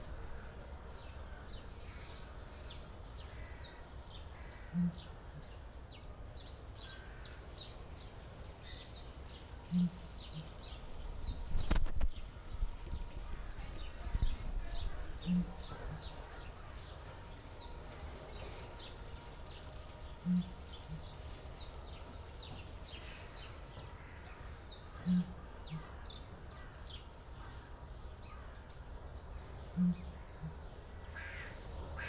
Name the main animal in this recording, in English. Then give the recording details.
Southern Ground Hornbill. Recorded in captivity. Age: adult. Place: Zoo Berlin, Berlin, DE. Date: 1997-09-16 16:04. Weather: heiter - wolkig, ca. 23°C. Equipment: Sony MD-WM MZ-R3, Sennheiser ME 80, Kopie Uher 4000 Report Monitor. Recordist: Tembrock, Günter. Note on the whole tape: Zweisilbiger Ruf eines Tieres (Entfernung 3-10 m)